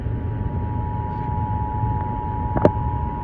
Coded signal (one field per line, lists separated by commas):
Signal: Emergency Alert System (SAME) tones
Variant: 853 and 960 Hz attention tone